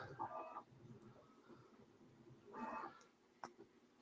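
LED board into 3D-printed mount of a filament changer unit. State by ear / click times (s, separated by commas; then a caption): seated / 3.4 s. An LED circuit board is pressed into its 3D-printed plastic mount on the filament changer unit of an LDO Box Turtle kit. Two short tonal bursts occur near the start and around 2.6 s, then a sharp snap at 3.4 s as the board seats in place with its wires coming straight up.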